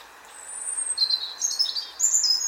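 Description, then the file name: European robin song, a thin high whistle held for half a second, then a run of tumbling, warbling high notes rising and falling, over steady faint background hiss. "Erithacus rubecula"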